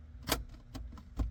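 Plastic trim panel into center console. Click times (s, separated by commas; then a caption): 0.3 s. A plastic console trim piece is pressed back into the center console of an S10 Blazer after a phone charger insert is installed in place of the tape deck. A sharp plastic click at 0.3 s seats the panel, followed by quieter ticks around 0.8, 1.0 and 1.2 s.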